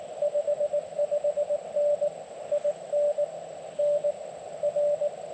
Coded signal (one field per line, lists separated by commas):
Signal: Morse code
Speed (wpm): 22 wpm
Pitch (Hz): 590 Hz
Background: none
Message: 55N IN N R